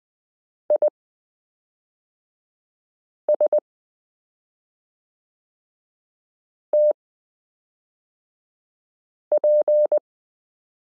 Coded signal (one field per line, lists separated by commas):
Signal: Morse code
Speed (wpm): 20 wpm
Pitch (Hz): 600 Hz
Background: none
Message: ISTP